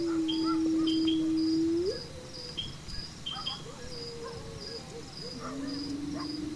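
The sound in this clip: Hyena whoops: a loud, sustained low call rising sharply at its end, fainter wavering calls after, then another low call beginning, with regular insect chirping throughout.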